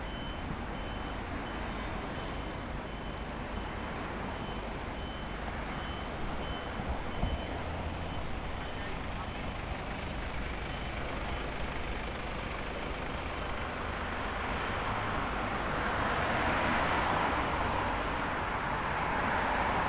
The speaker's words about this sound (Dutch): Het geluid van de laatste auto's, het laatste half uurtje van de auto's gaat nu van alles voorbij trekken hier.